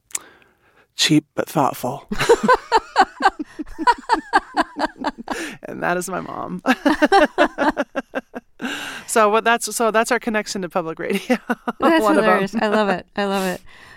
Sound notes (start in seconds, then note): 2.1 laughter; 6.6 laughter